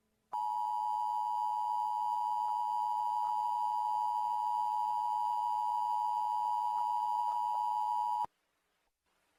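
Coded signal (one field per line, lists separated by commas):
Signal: Emergency Alert System (SAME) tones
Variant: 853 and 960 Hz attention tone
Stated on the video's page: Fictional analog-horror EAS scenario that uses valid tones.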